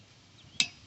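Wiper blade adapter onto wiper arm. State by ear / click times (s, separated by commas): seated / 0.6 s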